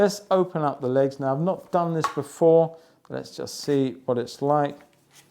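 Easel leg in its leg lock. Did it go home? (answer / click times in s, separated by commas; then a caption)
no / none. Someone talks while starting to open the legs of a Kraftgeek Inspire sketching easel for the first time, handling an easel leg in its leg lock. Only speech is clearly heard. The leg has not yet locked into place, and nothing has seated or clicked.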